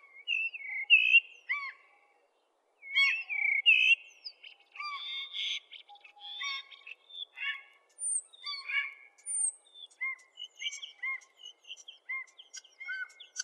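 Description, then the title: Oriental magpie-robin song of whistled phrases, a brief silence, then mixed whistles, squeaks and repeated short notes. "Kicau Kacer"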